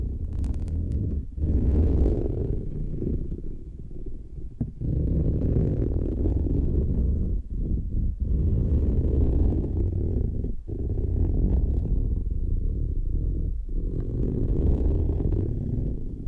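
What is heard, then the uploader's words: Close, muffled rubbing right against the microphone, like something pressed over the ear, makes a deep, dull rumbling with little brightness. The sound runs nearly continuously at a steady loudness, broken by brief pauses every few seconds as the motion shifts. ASMR Intense Brain Tingles with Eardrum Treatment (No Talking).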